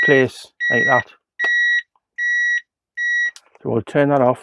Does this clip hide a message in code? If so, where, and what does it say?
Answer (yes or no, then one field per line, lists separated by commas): no